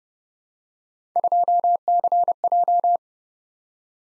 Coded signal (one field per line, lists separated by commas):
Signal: Morse code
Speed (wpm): 29 wpm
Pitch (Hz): 700 Hz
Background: none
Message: 2CJ